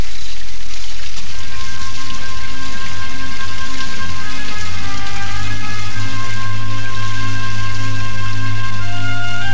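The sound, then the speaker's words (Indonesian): Fresh water splashes and pours steadily from the spouts of nine springs as two youngsters play in it, a loud, continuous rushing patter with faint sustained tones underneath and no voices. “Kedua bocah yang tengah meningkat remaja itu bermain dengan air segar di pancuran sembilan mata air dewa.”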